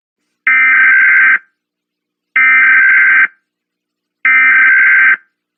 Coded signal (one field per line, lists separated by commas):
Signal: Emergency Alert System (SAME) tones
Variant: header bursts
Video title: EAS Scenario : The Minimighty Kids